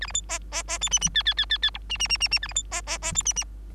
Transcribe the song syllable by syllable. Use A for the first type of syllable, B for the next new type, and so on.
A B C D D D E F F G G G G G H F F F F F A B C D D D E F F